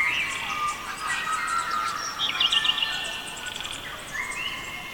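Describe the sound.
Birds sing in a busy chorus of chirps, trills and rising whistles, with a burst of quick notes near the middle.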